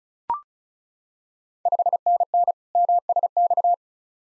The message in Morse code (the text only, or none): 5NN MSX